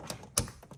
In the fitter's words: And you heard it snap.